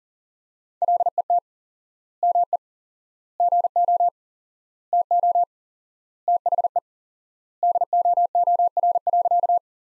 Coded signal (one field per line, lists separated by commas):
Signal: Morse code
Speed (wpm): 40 wpm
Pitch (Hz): 700 Hz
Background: none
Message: LET ME GO TO THE DOOR.